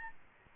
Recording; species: mosquito wingbeat signal from an infrared sensor; Aedes albopictus